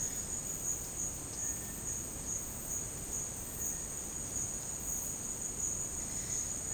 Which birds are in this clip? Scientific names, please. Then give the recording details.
Crypturellus cinereus. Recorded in dense forest near Puerto Asís, Putumayo, Colombia, on 29 June 2025 at 11:30. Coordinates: 0.486, -76.317. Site G065